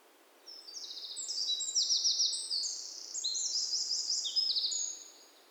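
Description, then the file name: Eurasian wren pouring out a loud, very high series of fast trills and metallic rattles, lasting over four seconds before stopping. "Troglodytes troglodytes"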